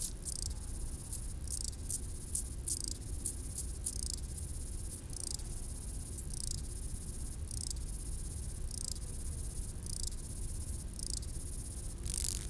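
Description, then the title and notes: Grasshoppers stridulating in high rasping bursts, some rapid and clustered, others spaced about a second apart, over a constant low rumble. Several grasshoppers stridulating on a roadside bank along the Mont du Chat TV relay road at 1500 m altitude, Le Bourget-du-Lac, France, with distant valley noise in the background. "D42, 73370 Le Bourget-du-Lac, France - insectes du talus. Route du relais télévision du Mont du Chat à 1500m d'altitude les stridulations des criquets sur le talus et les bruits lointains de la vallée en arrière plan"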